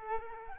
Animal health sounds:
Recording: mosquito wingbeat signal from an infrared sensor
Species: Culex quinquefasciatus

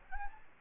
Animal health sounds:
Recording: mosquito wingbeat signal from an infrared sensor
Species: Aedes albopictus

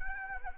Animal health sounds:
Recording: mosquito wingbeat signal from an infrared sensor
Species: Anopheles arabiensis

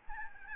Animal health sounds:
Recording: mosquito wingbeat signal from an infrared sensor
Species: Aedes albopictus

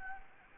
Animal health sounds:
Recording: mosquito wingbeat signal from an infrared sensor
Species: Anopheles gambiae

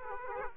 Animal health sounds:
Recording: mosquito wingbeat signal from an infrared sensor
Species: Aedes aegypti

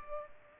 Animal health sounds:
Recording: mosquito wingbeat signal from an infrared sensor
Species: Culex pipiens

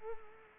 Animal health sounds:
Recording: mosquito wingbeat signal from an infrared sensor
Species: Culex quinquefasciatus

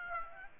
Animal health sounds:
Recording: mosquito wingbeat signal from an infrared sensor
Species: Aedes aegypti

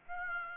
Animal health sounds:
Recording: mosquito wingbeat signal from an infrared sensor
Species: Aedes aegypti

